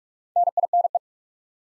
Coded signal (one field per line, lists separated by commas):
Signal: Morse code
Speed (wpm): 44 wpm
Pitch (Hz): 700 Hz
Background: none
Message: NINE